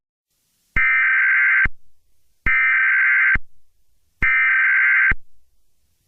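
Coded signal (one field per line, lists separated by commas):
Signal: Emergency Alert System (SAME) tones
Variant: header bursts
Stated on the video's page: Simulated alert in a fictional scenario about a terrorist biological weapon release.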